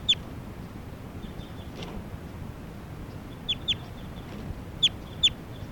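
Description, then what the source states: Crossbill with scattered sharp, high kip notes, single or in pairs, a few seconds apart, against soft background noise. Newly caught bird number 387 at Sage Hen on May 3rd, around 12:10.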